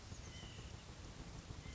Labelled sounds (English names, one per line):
White-breasted Nuthatch